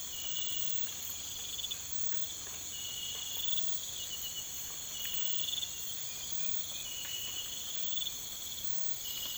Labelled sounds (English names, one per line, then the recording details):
none
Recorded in pastures near Puerto Asís, Putumayo, Colombia, on 20 December 2024 at 03:00
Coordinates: 0.472, -76.329
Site G072